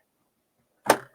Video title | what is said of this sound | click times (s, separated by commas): Passover Table Décor | it snaps right in there like that. | 0.9 s